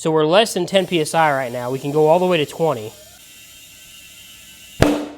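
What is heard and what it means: Someone talks for the first 3 seconds while an ATV tire from a Scrambler 500 2x4 is inflated on its wheel rim to seat the rubber bead, with the pressure still under 10 PSI. After a quiet stretch, a loud, sharp pop at 4.8 s marks the first bead snapping over the rim edge into place, so that side is seated.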